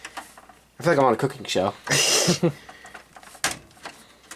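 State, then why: Seated. Someone talks while a Samsung PC100 SDRAM memory module with two notches is pushed into a DIMM slot on the motherboard of a 1990s eMachines desktop. A sharp snap is heard at 3.4 s as the retention clips close and the module seats.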